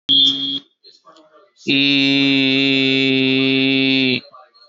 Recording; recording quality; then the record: sustained vowel as in beet; excellent, no background noise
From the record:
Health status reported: healthy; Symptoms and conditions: none ticked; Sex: male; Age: 34 years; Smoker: not ticked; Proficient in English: yes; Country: India